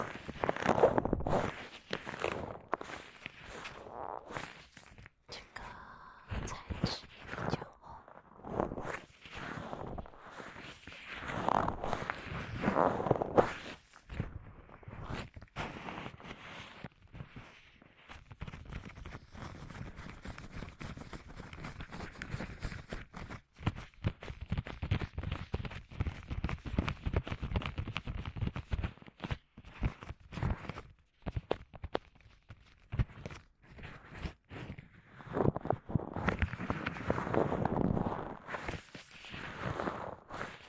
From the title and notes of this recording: ASMR×KU100 | 手套耳朵按摩 | Gloves Ear Massage.